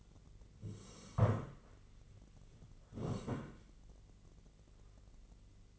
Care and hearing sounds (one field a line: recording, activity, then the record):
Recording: daily activity, microphone in the room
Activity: sit down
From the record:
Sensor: 4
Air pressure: 1013.2 hPa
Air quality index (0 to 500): 174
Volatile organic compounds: 2 ppm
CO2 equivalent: 1098 ppm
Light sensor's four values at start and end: 50/123/52/55 and 50/123/52/56